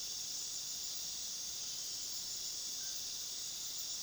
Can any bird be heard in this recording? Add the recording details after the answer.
no. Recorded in pastures near Puerto Asís, Putumayo, Colombia, on 20 February 2024 at 20:30. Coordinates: 0.497, -76.327. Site G7276